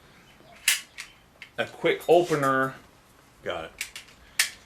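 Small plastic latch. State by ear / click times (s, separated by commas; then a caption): seated / 4.4 s. A smartphone holder is pressed down onto the quick-release base of a windshield suction-cup mount. Someone talks between a few earlier sharp plastic taps, and a single sharp plastic click at 4.4 s confirms the holder has clicked into place.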